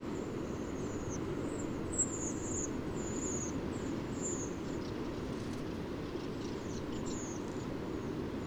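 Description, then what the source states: Redwing calls, many thin, high, slightly falling seeps at irregular intervals over a continuous low rumble. Mass exodus of migrant redwings at dusk.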